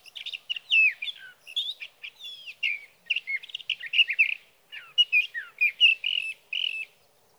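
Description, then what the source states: Sage thrasher song in bursts of chattering, slurred warbles with short gaps between phrases, downward-sweeping notes among them. Male singing through the night near his night roost, evenings of June 12 to mornings of June 15, 2018, Sierra Valley, California; recorded with a Swift recorder.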